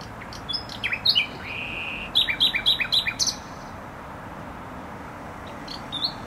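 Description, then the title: Nightingale song: quick slurred whistles and a sustained note, then a run of repeated rich notes, followed by quiet traffic-filled pause. Singing in bushes close to a noisy motorway, Trasa Toruńska, Bródno-Podgrodzie, Warsaw, Poland; recorded on an Olympus LS-11. "Bródno-Podgrodzie, Warszawa, Polska - Trasa Toruńska Nightingale"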